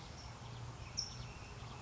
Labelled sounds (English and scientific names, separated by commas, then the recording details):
California Towhee (Melozone crissalis)
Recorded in Sonoma County, California